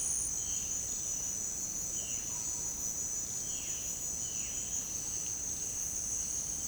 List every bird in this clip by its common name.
Violaceous Jay